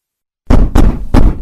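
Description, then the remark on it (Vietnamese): Three heavy, booming knocks pound on a door at 2 a.m. at an uneven pace after a moment of silence, each blow loud and low with a rattling tail. “Mở cửa! Mở cửa ra!”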